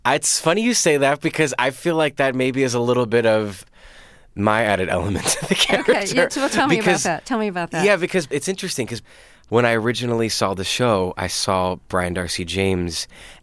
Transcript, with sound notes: Its funny you say that because I feel like that maybe is a little bit of my added element to the character (laughter)
OK, so tell me about that. Tell me about that.
Yeah, because - it's interesting because when I originally saw the show, I saw Brian d'Arcy James.